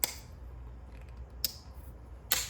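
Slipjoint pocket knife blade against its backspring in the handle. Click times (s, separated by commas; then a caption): 0.0 s, 1.4 s, 2.3 s. The spear-point blade of a traditional slipjoint pocket knife is opened and closed against the backspring in its handle. Sharp snapping clicks ring out at 0.0, 1.5 and 2.3 seconds, with fainter ticks near 1.0 and 1.1 seconds. The blade snaps firmly into place with a lot of snap.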